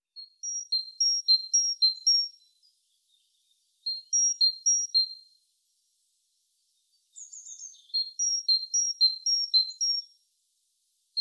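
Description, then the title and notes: Great tit delivering repeated two-note whistled phrases in three runs, with a brief buzzy note just before the last run. "Great tit. Большая синица by deepsweet"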